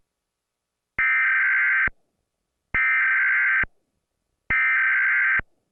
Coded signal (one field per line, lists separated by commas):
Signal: Emergency Alert System (SAME) tones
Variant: header bursts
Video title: 2011 DIRECTV EAS TEST